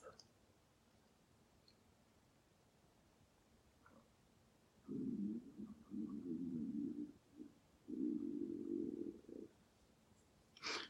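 About five seconds of near silence give way to three low, bubbling rumbles over roughly four and a half seconds, the longest about a second. These are ordinary gurgling bowel sounds from the stomach, a normal digestive noise. A short sharp noise ends it.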